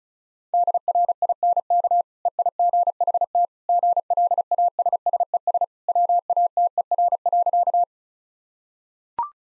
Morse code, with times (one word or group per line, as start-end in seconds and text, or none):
0.5-2.0 DRINK
2.3-3.5 EIGHT
3.7-5.6 GLASSES
5.9-7.8 WATER.